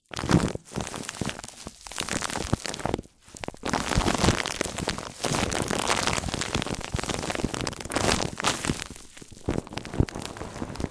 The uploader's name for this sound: MIC ON MIC Triggers